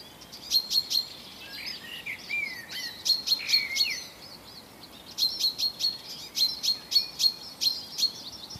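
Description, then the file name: Common chaffinch calls: bright, short notes repeated in quick clusters, with another bird's slurred, whistled notes weaving between the bursts. "Fringilla coelebs"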